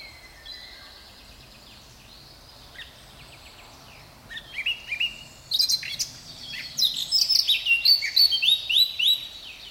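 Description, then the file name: Eurasian blackcap song: a soft, subdued warble for several seconds, then a louder finish of bright whistled notes in a quick series. "Sylvia atricapilla"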